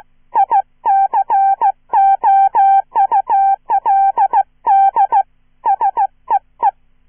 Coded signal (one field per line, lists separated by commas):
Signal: Morse code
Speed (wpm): 15 wpm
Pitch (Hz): 790 Hz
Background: none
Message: I COULD SEE